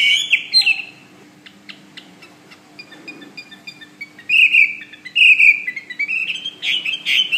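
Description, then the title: Bird singing: a brief whistled phrase, then faint ticking notes, then clearer drawn-out whistled phrases and chirps in the second half. "SuaraBurung Kicau"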